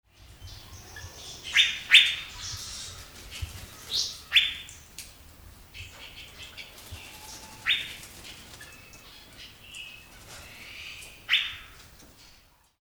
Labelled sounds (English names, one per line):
Asian Fairy-bluebird